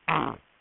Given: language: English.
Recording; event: throat vibration sensor signal played as sound; throat clearing